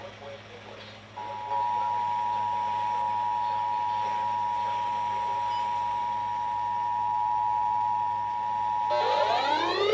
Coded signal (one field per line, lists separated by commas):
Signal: Emergency Alert System (SAME) tones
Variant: 853 and 960 Hz attention tone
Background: speech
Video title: FLW on 6 stations (2/15/25) EAS 3002-3007